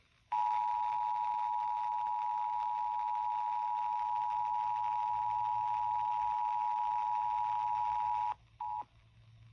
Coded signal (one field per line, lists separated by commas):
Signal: Emergency Alert System (SAME) tones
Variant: 853 and 960 Hz attention tone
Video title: This was unexpected...EAS Tests From March 22, 2021 (EAS #906-910)